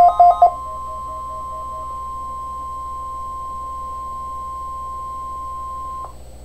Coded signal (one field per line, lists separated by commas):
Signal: Emergency Alert System (SAME) tones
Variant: 1050 Hz attention tone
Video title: Real EAS #220 - Required Weekly Test